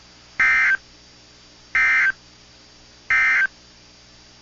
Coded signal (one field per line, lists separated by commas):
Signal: Emergency Alert System (SAME) tones